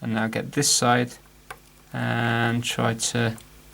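Someone talks while fitting the spring bar of a watch strap into the lug of a Casio watch case; one end of the spring bar is already in its lug hole, and the other side of the strap is being pushed in. Nothing has seated or clicked yet.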